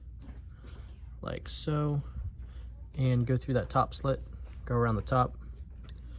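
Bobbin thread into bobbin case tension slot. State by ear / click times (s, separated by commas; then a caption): seated / 5.9 s. With the bobbin inside the bobbin case of a Juki TL-18/TL-2010/TL-2000 sewing machine, the bobbin thread is drawn through the top slit and around the top while someone talks. At 5.9 s a sharp click is heard as the thread seats into the tension slot under the tension spring.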